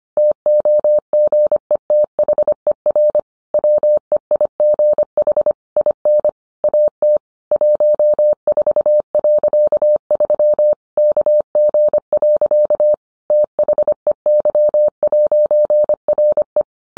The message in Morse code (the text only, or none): TOGETHER WEIGH IN AT 14.3 KG. THEY'RE